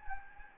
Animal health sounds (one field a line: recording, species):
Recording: mosquito wingbeat signal from an infrared sensor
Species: Anopheles gambiae